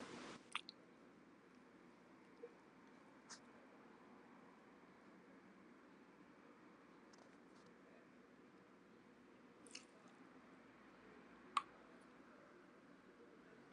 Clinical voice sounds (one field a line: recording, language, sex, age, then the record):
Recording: short text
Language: Brazilian Portuguese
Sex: female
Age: 80 to 89 years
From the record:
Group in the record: control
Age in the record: 80 years